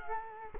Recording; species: mosquito wingbeat signal from an infrared sensor; Culex quinquefasciatus